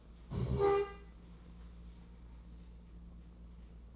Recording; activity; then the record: daily activity, microphone in the room; stand up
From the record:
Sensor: 1